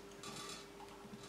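A gas cartridge is handled against the connector of a Campingaz Party Grill 400CV portable camping grill, ready to be pushed on and twisted. A burst of metallic scraping and rattling starts at 0.2 s and fades after about 0.6 s, with a steady faint tone underneath. Nothing has seated or clicked yet.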